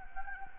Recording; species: mosquito wingbeat signal from an infrared sensor; Anopheles gambiae